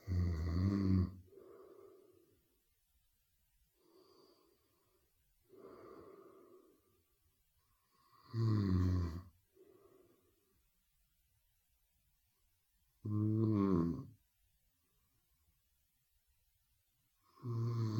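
An adult snoring: loud, low-pitched snores alternate with quieter breaths in an irregular rhythm.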